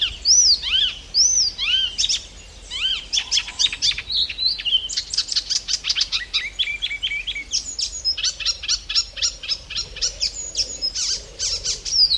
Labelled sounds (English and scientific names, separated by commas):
Icterine Warbler (Hippolais icterina)